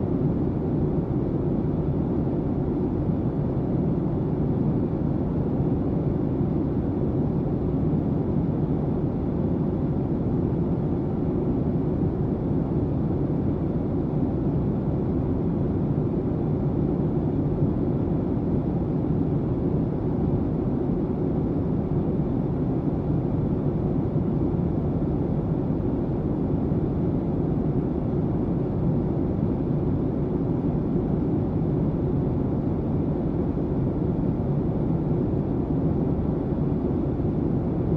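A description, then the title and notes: Steady cabin roar of a private jet in flight, a dense, unbroken rumble weighted heavily toward the low end. The sound holds at an even level for the whole stretch, with a softer hiss above and no distinct events. Private Jet Airplane Sounds White Noise.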